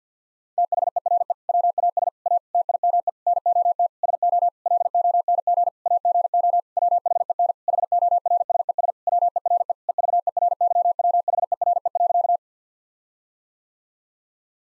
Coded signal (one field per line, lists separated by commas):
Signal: Morse code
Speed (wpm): 50 wpm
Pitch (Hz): 700 Hz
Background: none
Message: THERE WAS A TIME NOT SO LONG AGO WHEN HORSES WERE EVERYWHERE.